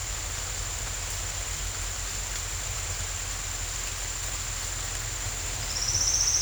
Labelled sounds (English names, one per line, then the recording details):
none
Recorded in dense forest near Puerto Asís, Putumayo, Colombia, on 21 December 2024 at 07:30
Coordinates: 0.468, -76.322
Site G071